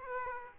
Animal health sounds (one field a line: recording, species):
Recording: mosquito wingbeat signal from an infrared sensor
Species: Aedes aegypti